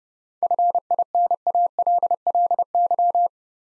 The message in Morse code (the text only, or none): FINALLY